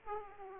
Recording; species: mosquito wingbeat signal from an infrared sensor; Aedes aegypti